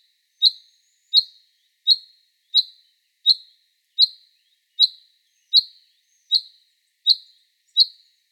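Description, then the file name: Common chaffinch calling, a short sharp metallic note repeated steadily about every 0.7 seconds, eleven times, with no other sounds. "Fringilla coelebs"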